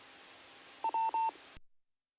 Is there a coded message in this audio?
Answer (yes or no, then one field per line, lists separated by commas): no